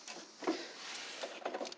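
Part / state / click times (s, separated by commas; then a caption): ignition switch into riding mower dash panel / not seated / none. A replacement 7-terminal ignition switch is slid into its opening in the plastic dash panel of a Craftsman LT2000 riding mower. Light plastic scraping and a handful of small taps are heard, the loudest near 0.5 s and further sharp ticks around 1.5 s and 1.7 s. The switch is only being handled and nothing has seated or clicked yet.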